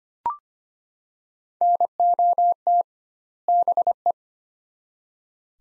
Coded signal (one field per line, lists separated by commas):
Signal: Morse code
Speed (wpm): 25 wpm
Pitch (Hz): 700 Hz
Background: none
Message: NOT BE